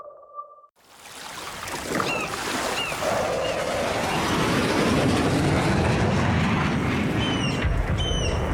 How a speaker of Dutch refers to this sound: Wist je dat er precisieaanvallen uitgevoerd worden op de natuur van de Wadden? Laagvliegende straaljagers schieten met scherp.